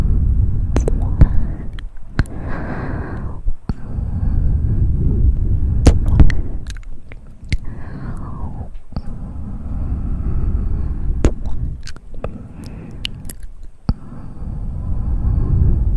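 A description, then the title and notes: Mouth sounds: low, breathy rumbling and airy hissing swell and fade throughout, with a brief gap near the middle. Sharp clicks and smacks pop out irregularly, in clusters around one, six to seven, and eleven to fourteen seconds. ASMR Best Mouth Sounds.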